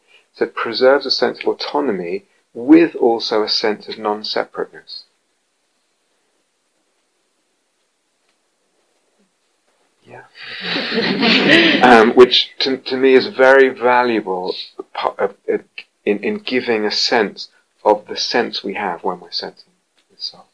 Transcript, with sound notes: So it preserves a sense of autonomy with also a sense of non-separateness. Yeah? [laughter] Which, to me, is very valuable in giving a sense of the sense we have when we're sensing with soul.